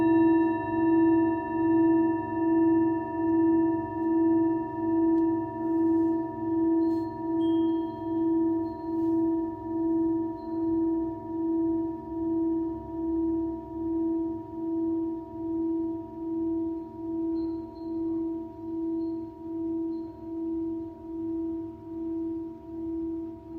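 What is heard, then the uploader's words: A Tibetan singing bowl rings with a steady, sustained tone, its fundamental pulsing in a slow, regular wobble about twice per second. Several clear higher overtones hold throughout, with a soft low rumble underneath and faint small clicks scattered in the background. Tibetan Singing Bowl. チベタンシンギングボウルのサウンドヒーリング.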